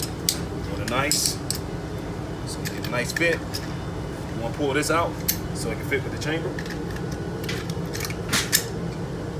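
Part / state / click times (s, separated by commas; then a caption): rifle assembly part into the upper receiver/chamber area / not seated / none. During reassembly of an M4 rifle, a part is pulled out so another can fit the chamber area of the upper receiver while someone talks. Light metallic clinks and handling rattles are heard, with sharp ticks near 0.3 s and 8.5 s. Nothing has seated or clicked into place yet.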